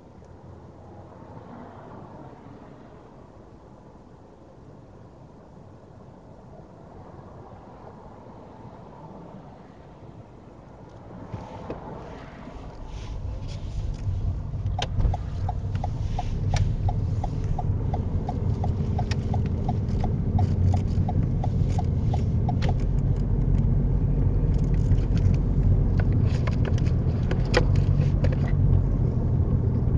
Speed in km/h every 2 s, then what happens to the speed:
0, 0, 0, 0, 0, 2, 10, 15, 18, 18, 21, 26, 31, 32, 35.
0-10 standing. 10-25 pulls away to 32.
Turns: none.